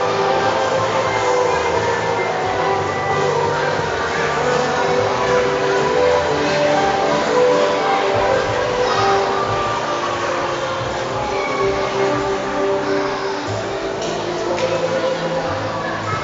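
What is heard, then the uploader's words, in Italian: Chaotic crowd din fills a shopping centre during a soap-bubble workshop, with many voices overlapping at a steady, dense level throughout. Bright short calls and clatter poke out now and then, especially around the middle and near the end, over a low rumble. Casino durante un laboratorio di bolle di sapone e di alienazione, in un centro commerciale.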